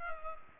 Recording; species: mosquito wingbeat signal from an infrared sensor; Culex pipiens